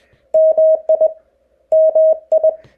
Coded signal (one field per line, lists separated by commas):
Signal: Morse code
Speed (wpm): 20 wpm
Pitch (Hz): 630 Hz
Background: none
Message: MI MI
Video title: Activating POTA - how to get started